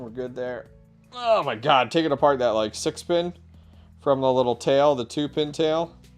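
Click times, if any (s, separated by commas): none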